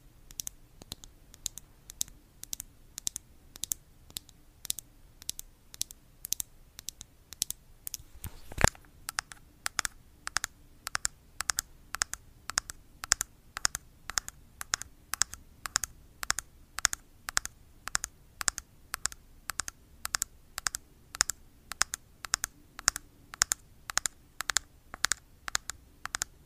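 Steady ASMR tapping: crisp, bright taps fall at an even pace of about two per second, with a faint low hum beneath. One sharper, louder knock lands near the nine-second mark, after which the taps grow firmer and more pronounced.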